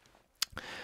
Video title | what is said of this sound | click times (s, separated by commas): CIGA Design M Series Magician 4K Watch Review | if I press back in the crown it restarts the movement with a nice positive click | 0.4 s